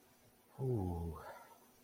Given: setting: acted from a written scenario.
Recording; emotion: vocal sound without words; relief